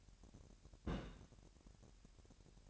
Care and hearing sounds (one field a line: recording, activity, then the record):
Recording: daily activity, microphone in the room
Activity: place on stove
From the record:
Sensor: 2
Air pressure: 1011.9 hPa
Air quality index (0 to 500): 187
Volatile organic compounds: 3 ppm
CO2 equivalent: 1331 ppm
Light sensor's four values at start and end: 71/168/68/65 and 71/168/68/65